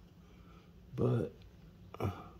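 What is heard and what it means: A metal deployant or strap clasp on the leather strap of a Seiko 5 SRPG39 field watch is handled in preparation for closing it. Someone talks in two short bursts around 1.0 s and 2.0 s over a low, steady background. Nothing has seated or clicked yet.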